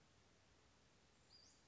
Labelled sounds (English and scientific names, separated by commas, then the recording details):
Western Flycatcher (Empidonax difficilis)
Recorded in Sonoma County, California